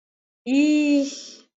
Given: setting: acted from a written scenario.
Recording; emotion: vocal sound without words; amusement